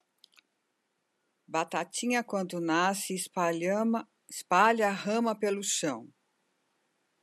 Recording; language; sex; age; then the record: short text; Brazilian Portuguese; female; 60 to 69 years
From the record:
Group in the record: control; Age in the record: 62 years